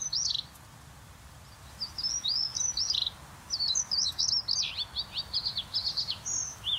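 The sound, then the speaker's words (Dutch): A mimicking bird renders the song of an icterine warbler, itself a mimic: rapid, varied high-pitched chattering and whistled phrases in bursts, fairly loud, over a steady low rumble, with no voices. “Dat is een spotvogel.”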